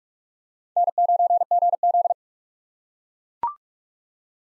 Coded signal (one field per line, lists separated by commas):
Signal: Morse code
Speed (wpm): 41 wpm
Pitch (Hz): 700 Hz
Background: none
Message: N9GZ